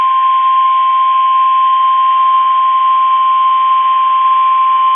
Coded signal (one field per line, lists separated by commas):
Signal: Emergency Alert System (SAME) tones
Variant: 1050 Hz attention tone